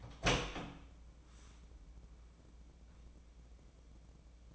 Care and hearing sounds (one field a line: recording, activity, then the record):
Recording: daily activity, microphone in the room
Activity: open door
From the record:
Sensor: 1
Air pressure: 1012.3 hPa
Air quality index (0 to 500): 166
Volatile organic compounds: 3 ppm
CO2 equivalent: 1361 ppm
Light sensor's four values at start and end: 548/1264/563/664 and 544/1254/559/660